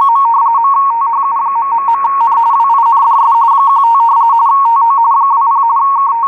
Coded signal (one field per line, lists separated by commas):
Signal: RTTY